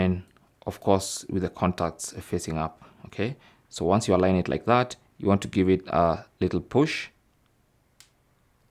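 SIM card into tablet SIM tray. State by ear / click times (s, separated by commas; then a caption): seated / 8.0 s. Someone talks while a nano SIM card, contacts facing up, is lined up and pressed into its recess in the plastic/metal SIM tray of a Samsung Galaxy Tab S9, S9+ or S9 Ultra tablet. After the talking stops, a short, sharp snap is heard at 8.0 s as the card seats completely in place, flush with the tray.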